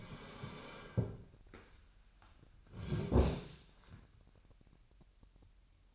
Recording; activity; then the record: daily activity, microphone in the room; sit down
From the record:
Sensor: 2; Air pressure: 998.3 hPa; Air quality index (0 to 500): 128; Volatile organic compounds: 3 ppm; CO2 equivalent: 1450 ppm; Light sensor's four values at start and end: 6/13/6/6 and 7/16/7/7